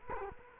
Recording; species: mosquito wingbeat signal from an infrared sensor; Culex quinquefasciatus